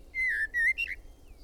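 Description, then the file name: Common blackbird: a clear, low fluted whistle that wavers and slides, then two short notes, all within about a second. "Turdus merula"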